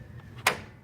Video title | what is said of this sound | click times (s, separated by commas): How to replace drum units on Toshiba e Studio 5520c | a transfer belt unit lever we need to make sure we pull that all the way out too snaps look | 0.5 s